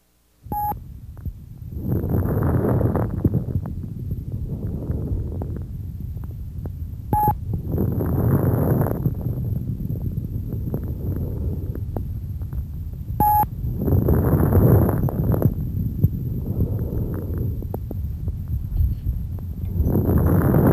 High-pitched crackles are also called fine crackles. Listen now to high-pitched crackles.